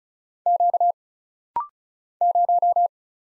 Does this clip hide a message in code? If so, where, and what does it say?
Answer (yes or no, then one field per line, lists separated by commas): yes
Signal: Morse code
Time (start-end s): 0.5-2.9 s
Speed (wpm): 36 wpm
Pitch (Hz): 700 Hz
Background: none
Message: Q 0